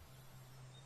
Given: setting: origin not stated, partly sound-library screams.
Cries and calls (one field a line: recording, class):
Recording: one-second piece from a danger detection set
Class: normal situation